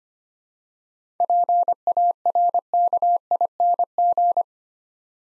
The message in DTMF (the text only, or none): none